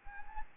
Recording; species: mosquito wingbeat signal from an infrared sensor; Anopheles gambiae